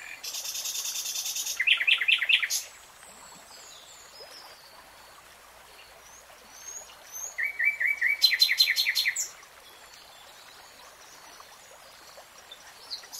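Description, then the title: Nightingale song phrases: a loud rapid trill burst, a long pause with faint soft chirps, then another rattling trill phrase. Nightingale singing, real-time recording. "[Tiếng chim hót] REALTIME Nightingale Singing"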